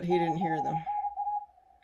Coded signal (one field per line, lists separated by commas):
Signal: Morse code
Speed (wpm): 28 wpm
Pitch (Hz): 820 Hz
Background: speech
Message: N5NA